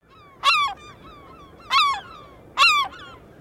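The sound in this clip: Gull calls, three loud harsh calls, each with a sharp start and a falling tail, over a soft steady background hiss.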